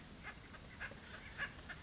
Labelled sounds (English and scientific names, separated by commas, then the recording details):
Acorn Woodpecker (Melanerpes formicivorus)
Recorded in Sonoma County, California